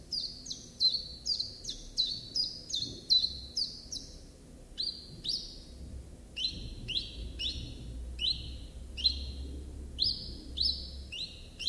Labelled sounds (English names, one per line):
Common Chiffchaff song